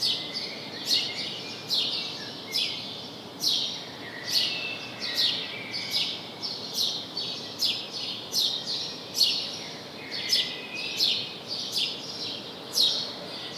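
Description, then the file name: House sparrow chirping: a long run of short, emphatic chip notes at an uneven pace over faint lower twittering and background hiss. "Passer domesticus"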